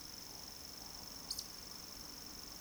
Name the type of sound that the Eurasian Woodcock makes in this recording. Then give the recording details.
whistle, croak. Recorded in Baden-Württemberg, Germany, on 30 June 2020 at 20:01 UTC. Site 46046, 702 m above sea level